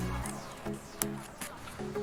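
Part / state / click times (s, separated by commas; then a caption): plastic strap buckle on backpack side tripod strap / seated / 1.0 s. The lower side strap of a Shimoda Explore V2 35L backpack, threaded through its loop, is fastened into its plastic side-release buckle to hold a tripod on the side of the pack. A sharp click sounds at 1.0 s over steady background music, and the buckle is seated shut.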